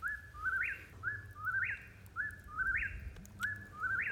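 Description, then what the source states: Eastern Whip-poor-will song: whistled phrases with an abrupt rising last note, repeated about once per second. Repetitive song at night around 8:20 pm beside a firepit; sometimes speeds up or slows down, goes on all night.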